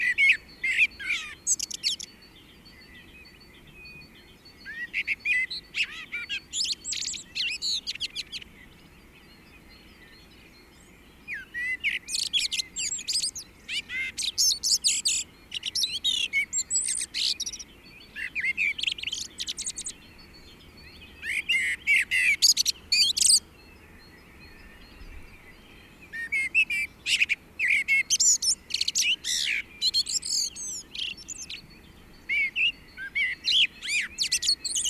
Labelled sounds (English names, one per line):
Common Blackbird song